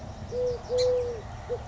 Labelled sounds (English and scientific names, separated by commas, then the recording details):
Eurasian Collared Dove (Streptopelia decaocto)
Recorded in Sonoma County, California